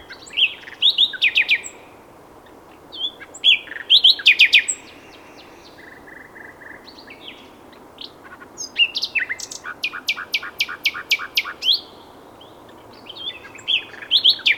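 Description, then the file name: Common nightingale singing in bursts of trills, clicks and whistles, with silent gaps of a second or two between phrases. "Luscinia megarhynchos"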